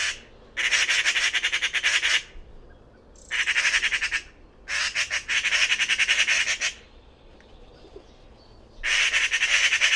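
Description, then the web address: Bird making harsh, buzzy squawks in several long pulsed bursts separated by pauses. "Bird Only More Classes Pi Pi Pi Pi"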